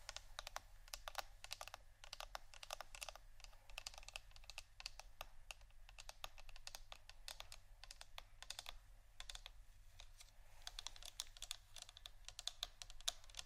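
Fingers tap and scratch on plastic bottles in a fast, dense stream of sharp, bright clicks that never stops for the whole clip. The rhythm is irregular, like rapid typing, with a few louder taps and a slightly busier scratchy stretch near the end.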